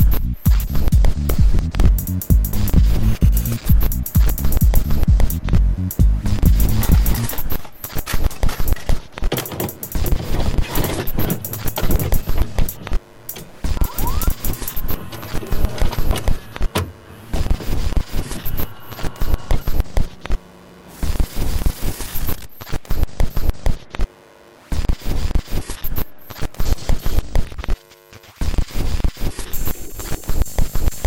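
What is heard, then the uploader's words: VCR noises: a steady low motor hum fills the first seven seconds, then gives way to clicking, whirring mechanical sounds with frequent short clunks and brief gaps. Bursts of hiss and rattling come and go through the rest, with sharp dropouts near 21 and 28 seconds. VCR noises.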